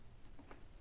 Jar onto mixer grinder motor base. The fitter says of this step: ये लॉक हो गया है, देखिए